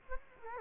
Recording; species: mosquito wingbeat signal from an infrared sensor; Culex quinquefasciatus